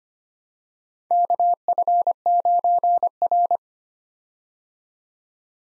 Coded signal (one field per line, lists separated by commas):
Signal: Morse code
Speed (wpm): 25 wpm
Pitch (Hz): 700 Hz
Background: none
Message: KF9R